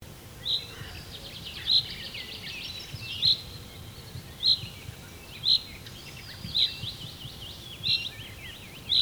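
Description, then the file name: Common chaffinch repeating a clipped, high call note about every second, eight notes in all, with softer song from other birds underneath. "Fringilla coelebs"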